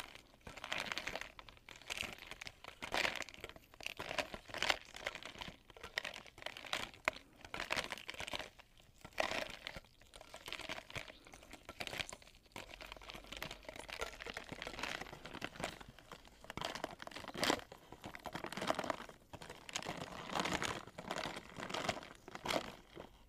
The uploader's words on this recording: Ice clinking, ice melting. Blue yeti microphone.